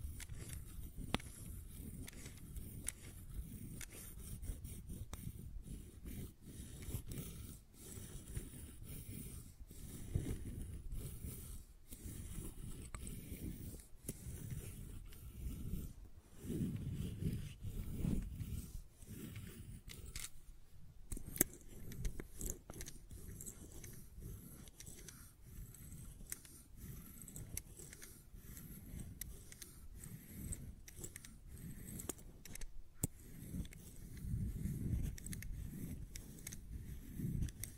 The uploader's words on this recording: ASMR Fidget Cube Tapping and Clicking Sounds (No Talking).